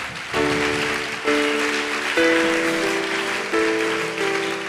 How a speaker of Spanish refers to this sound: Si le va a dar ese aplauso al Señor, déselo fuerte.